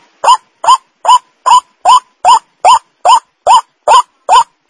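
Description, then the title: White-breasted waterhen calls, harsh rising croaks with strong harmonics, repeated steadily about twice per second throughout. Lure call for attracting the birds. "Pancingan Suara Ruak Ruak"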